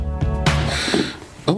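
A brief low, rumbling voiced burp from a small dog sleeping on a lap during a radio interview, followed by soft breathy noise in a quiet room.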